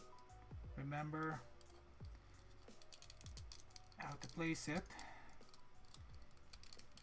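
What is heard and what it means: A plastic hindleg foot part of an HMM Zoids Dark Horn model kit is handled and lined up with the three slots of its leg assembly while someone talks over background music. Light plastic ticks and taps come from the handling. The part has not snapped or seated into the slots yet.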